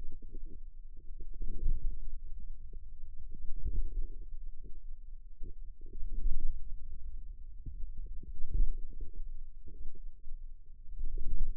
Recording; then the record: forearm muscle sounds (acoustic myography)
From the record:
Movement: hand closing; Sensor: system 2, bracelet of six BSWA MPA416 microphones around the upper forearm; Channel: 2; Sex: female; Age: 22 years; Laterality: right